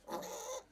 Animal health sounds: pig call; piglet (1 to 25 days)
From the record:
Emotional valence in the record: negative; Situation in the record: restrain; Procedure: back test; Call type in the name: low-frequency call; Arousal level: medium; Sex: female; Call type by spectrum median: low-frequency call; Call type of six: mixed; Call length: 0.72 s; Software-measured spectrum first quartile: 630 Hz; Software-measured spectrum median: 1506 Hz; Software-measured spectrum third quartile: 5976 Hz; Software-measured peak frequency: 519 Hz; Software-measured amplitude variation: 140 dB a second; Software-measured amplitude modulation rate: 20.1 a second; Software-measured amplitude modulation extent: 7.0 dB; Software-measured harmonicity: 4.0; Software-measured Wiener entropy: -2.53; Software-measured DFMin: 739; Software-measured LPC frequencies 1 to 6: 625, 2000, 3655, 4366, 6228, 6790 Hz

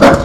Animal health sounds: pig call; growing-finishing pig (85 days or more)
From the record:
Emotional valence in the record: positive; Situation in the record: run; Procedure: transit

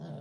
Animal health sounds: pig call; piglet (1 to 25 days)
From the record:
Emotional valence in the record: negative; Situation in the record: short isolation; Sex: male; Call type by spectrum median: low-frequency call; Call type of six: low-frequency stable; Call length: 0.21 s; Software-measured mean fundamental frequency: 52 Hz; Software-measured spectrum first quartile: 159 Hz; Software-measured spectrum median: 257 Hz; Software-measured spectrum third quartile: 629 Hz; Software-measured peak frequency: 160 Hz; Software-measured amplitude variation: 85 dB a second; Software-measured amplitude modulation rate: 14.4 a second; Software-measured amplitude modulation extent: 5.9 dB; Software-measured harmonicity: 2.1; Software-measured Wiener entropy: -0.33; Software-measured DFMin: 1024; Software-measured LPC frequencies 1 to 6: 624, 1556, 3285, 4689, 5327, 6519 Hz

